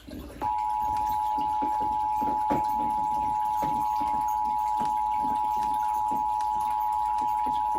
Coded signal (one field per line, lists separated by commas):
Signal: Emergency Alert System (SAME) tones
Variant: 853 and 960 Hz attention tone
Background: speech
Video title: Pennsylvania Required Monthly Test on WDPN-TV (August 18, 2022) (EAS #636)